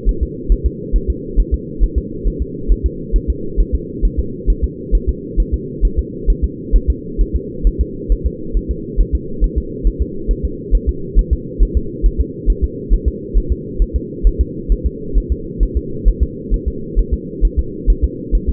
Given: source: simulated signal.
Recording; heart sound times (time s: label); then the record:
fetal heart sounds
0.09 s: S1
0.23 s: S2
0.52 s: S1
0.66 s: S2
0.96 s: S1
1.10 s: S2
1.40 s: S1
1.54 s: S2
1.84 s: S1
1.98 s: S2
2.28 s: S1
2.42 s: S2
2.72 s: S1
2.86 s: S2
3.16 s: S1
3.30 s: S2
3.60 s: S1
3.75 s: S2
4.05 s: S1
4.19 s: S2
4.50 s: S1
4.64 s: S2
4.95 s: S1
5.09 s: S2
5.40 s: S1
5.54 s: S2
5.85 s: S1
5.99 s: S2
6.30 s: S1
6.44 s: S2
6.76 s: S1
6.90 s: S2
7.21 s: S1
7.36 s: S2
7.67 s: S1
7.81 s: S2
8.12 s: S1
8.27 s: S2
8.57 s: S1
8.71 s: S2
9.01 s: S1
9.15 s: S2
9.44 s: S1
9.58 s: S2
9.87 s: S1
10.02 s: S2
10.31 s: S1
10.45 s: S2
10.75 s: S1
10.89 s: S2
11.19 s: S1
11.33 s: S2
11.63 s: S1
11.77 s: S2
12.06 s: S1
12.20 s: S2
12.50 s: S1
12.64 s: S2
12.93 s: S1
13.08 s: S2
13.38 s: S1
13.52 s: S2
13.82 s: S1
13.96 s: S2
14.27 s: S1
14.41 s: S2
14.72 s: S1
14.86 s: S2
15.18 s: S1
15.32 s: S2
15.63 s: S1
15.77 s: S2
16.08 s: S1
16.23 s: S2
16.54 s: S1
16.68 s: S2
16.99 s: S1
17.14 s: S2
17.45 s: S1
17.59 s: S2
17.90 s: S1
18.04 s: S2
18.35 s: S1
18.49 s: S2
From the record:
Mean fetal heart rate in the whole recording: 135 bpm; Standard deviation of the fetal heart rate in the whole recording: 3 bpm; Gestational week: 36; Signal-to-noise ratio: -4.3 dB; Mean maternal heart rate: 72 bpm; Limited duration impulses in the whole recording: absent